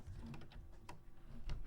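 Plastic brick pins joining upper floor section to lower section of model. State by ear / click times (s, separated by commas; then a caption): not seated / none. Orange pins are pushed in to join the second-floor section of a plastic LEGO Star Wars UCS AT-AT 75313 brick model to the first floor. Small clicks and taps are heard around 0.3, 0.5, 0.9 and 1.5 seconds over a low background rumble. Nothing has locked into place yet, and the floors are not joined.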